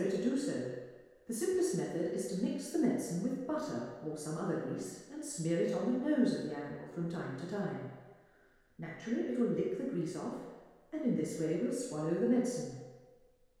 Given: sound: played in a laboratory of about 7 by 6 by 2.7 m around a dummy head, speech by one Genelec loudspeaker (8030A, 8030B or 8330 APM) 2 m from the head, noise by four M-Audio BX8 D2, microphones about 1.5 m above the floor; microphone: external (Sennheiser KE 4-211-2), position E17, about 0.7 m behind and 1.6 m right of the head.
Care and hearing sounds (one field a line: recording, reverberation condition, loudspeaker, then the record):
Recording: female speech in English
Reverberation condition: high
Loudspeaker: 150 degrees to the right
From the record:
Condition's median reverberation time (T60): about 1300 ms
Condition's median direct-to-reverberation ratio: about -4.0 dB